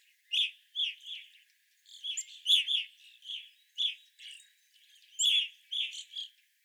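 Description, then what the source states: Evening grosbeak calls: a loose series of clipped, slightly buzzy chirps, spaced unevenly and sometimes doubled. Several evening grosbeaks recorded 25 April 2021.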